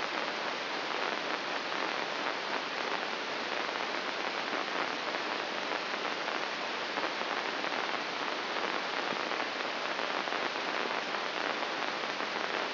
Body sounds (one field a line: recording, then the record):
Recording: brain microelectrode recording played as sound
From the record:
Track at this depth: inside the subthalamic nucleus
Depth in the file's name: 5.816 mm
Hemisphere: left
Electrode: 2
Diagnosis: Parkinson's disease